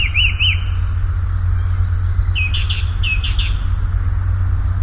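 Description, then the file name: Common nightingale phrases: a quick wavering note series, then a burst of repeated chirps under a high thin whistle, against a steady deep rumble. "Nachtigall"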